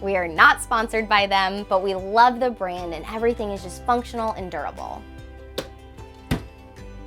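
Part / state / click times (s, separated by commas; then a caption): RV cabinet door or drawer latch in its cabinet frame / seated / 5.6 s, 6.3 s. A woman talks over soft music inside a Grand Design Reflection RV, then a cabinet door or drawer is pushed closed and its travel latch clicks shut at 5.6 s and again at 6.3 s. The latches catch so the RV's doors and drawers stay put and don't come open while driving.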